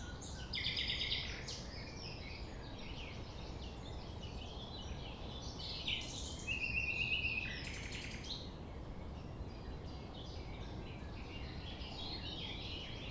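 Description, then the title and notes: Common nightingale song with jumbled bursts and a rapid stuttering trill, over steady low rumble. Recorded at 6 a.m. at sunrise near the Thève at Champ de Ménage; the nightingale sings without waiting for silence. "6 A.M. Lever du soleil non loin de la Thève au Champ de Ménage. Le rossignol n'attend pas le silence."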